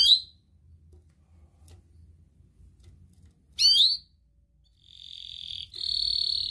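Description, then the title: Atlantic canary giving two separate sharp sweeping notes with a long pause between, then a buzzy trill and a brighter sustained trill at the close. Kenari described as gacor (actively singing), with the best cengkok (song phrasing) and the most lavish isian (fill-in song); kicaumania songbird hobby context. "Kenari Gacor Cengkok Terbaik Isian Paling Mewah Kenarigacor Kicaumania Kenari"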